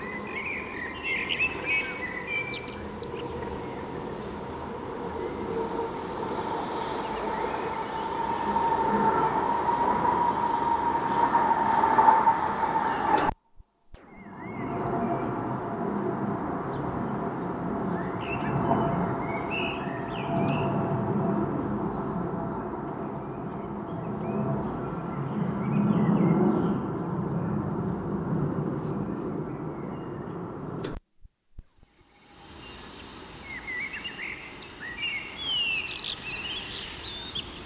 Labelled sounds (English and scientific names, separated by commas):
Common Blackbird (Turdus merula) song